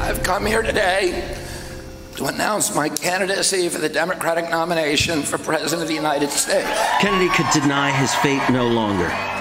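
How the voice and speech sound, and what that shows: Strained, strangled, creaky adult male voice with tight breaks, typical of spasmodic dysphonia, a neurological voice disorder, followed by a narrator's voice.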